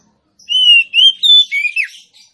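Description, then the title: Oriental magpie-robin giving a short run of clear whistled notes, the first three each slightly higher, then a lower note slurring downward. Female song used to provoke a silent male into singing; intended to make males sing persistently and aggressively. "Suara kacer betinamemancing kacer jantan yg macet bunyi"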